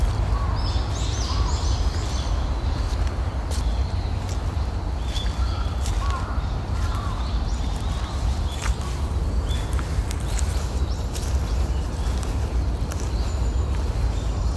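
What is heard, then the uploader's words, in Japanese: A steady, dense rush of flowing water fills a park morning, heavy in the low end and unchanging throughout. Small birds chirp high and brief near the start and again around the middle, while scattered soft crackles, like steps on leaves, come and go. 公園の朝散歩より603さえずり。朝、公園で聴こえてくる小川のせせらぎや滝のオト、小鳥のさえずりや落ち葉ふみなど、四季折々に日々変化するオト。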